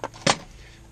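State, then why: Seated. After rekeying, the spring retainer is squeezed down and the lock cylinder is pushed back into the one-piece door knob. It pops in with a single sharp snap at 0.0 s, seating the cylinder so it is good to go. A louder, broader noise burst follows around 0.3 s.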